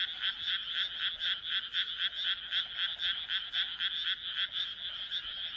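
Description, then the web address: Frogs croaking in a dense chorus, rapid rattling pulses repeated about four times a second, steady and loud throughout. "kaeru kaeru"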